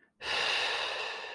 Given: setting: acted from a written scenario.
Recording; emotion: vocal sound without words; relief